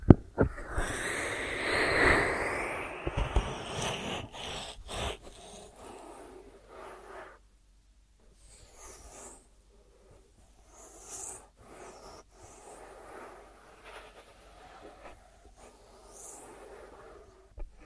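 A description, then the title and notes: ASMR ear treatment sounds: a loud rushing brush over the first five seconds, then quiet scattered scratchy taps and soft rustles with pauses. ASMR 3D Brain Penetrating Ear Treatment.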